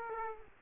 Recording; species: mosquito wingbeat signal from an infrared sensor; Aedes aegypti